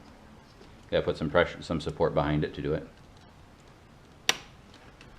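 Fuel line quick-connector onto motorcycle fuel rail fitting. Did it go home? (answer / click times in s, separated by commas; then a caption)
yes / 4.3 s. On a 2018 Ducati 959 Panigale, a fuel line quick-connect coupling is pushed straight down onto the fuel injector rail fitting without pressing the release button, while someone talks. After a quiet pause, a single sharp, solid click sounds at 4.3 s as the connector locks and seats in place.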